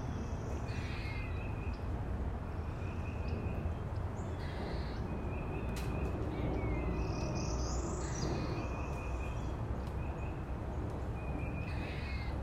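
An airplane's steady, heavy rumble fills the whole clip, low and unbroken. Above it, birds chirp in short, bright calls every second or two, with a few higher whistles and a sharp snap near the middle. Crow-like caws may be mixed in.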